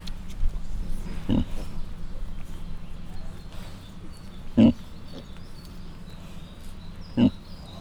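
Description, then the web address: Mangalica piglets giving a few brief, separate grunts spread throughout over a low background hum. Mangalica breed; five cat-sized suckling piglets; captive at a zoo in Miskolc; recorded 2018. "allathangok 2018 mangalica otmacskanagysaguszoposmalac"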